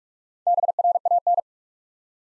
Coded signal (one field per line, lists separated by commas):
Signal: Morse code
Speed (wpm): 41 wpm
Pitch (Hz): 700 Hz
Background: none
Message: BRAN